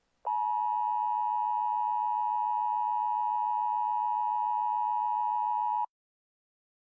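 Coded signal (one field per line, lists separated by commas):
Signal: Emergency Alert System (SAME) tones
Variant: 853 and 960 Hz attention tone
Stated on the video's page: Fictional EAS scenario, finale of a story series.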